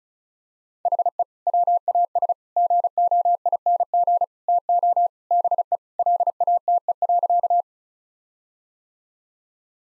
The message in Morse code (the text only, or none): HE WAS GOING TO BE LATE.